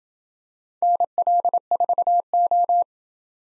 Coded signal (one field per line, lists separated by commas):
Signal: Morse code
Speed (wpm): 26 wpm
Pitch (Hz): 700 Hz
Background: none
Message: NL4O